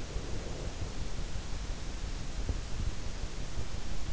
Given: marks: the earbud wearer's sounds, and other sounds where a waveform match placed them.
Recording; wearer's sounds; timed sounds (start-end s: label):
sounds in sleep by an in-ear microphone; breath
0.04-1.07 s: breath